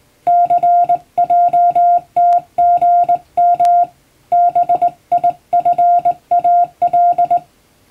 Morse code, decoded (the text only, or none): CJTGM BIFAL